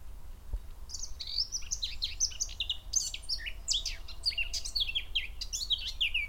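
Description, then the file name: Eurasian blackcap song, a continuous rapid warble of scratchy and whistled notes building after the first second and carrying on to the end, over a soft low rumble. "Sylvia atricapilla"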